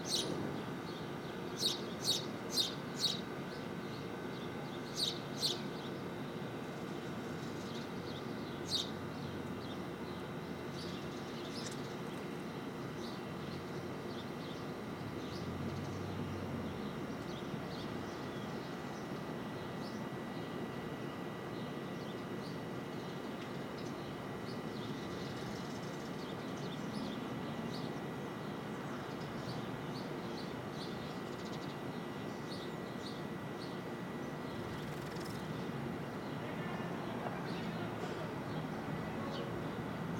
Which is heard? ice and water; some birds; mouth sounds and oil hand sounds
some birds